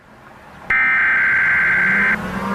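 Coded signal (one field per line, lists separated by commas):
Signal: Emergency Alert System (SAME) tones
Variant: header bursts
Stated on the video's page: Fictional EAS scenario, not a real alert.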